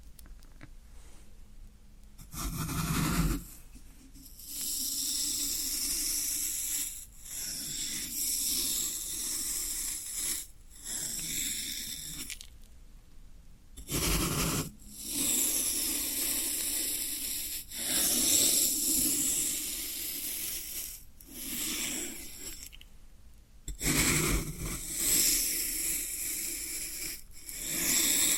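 Floral foam is crushed and scraped in bursts of bright, crackling hiss separated by short quiet gaps. The texture stays dense and grainy throughout, with heavier crunching presses around 3, 14 and 24 seconds that add a low thump.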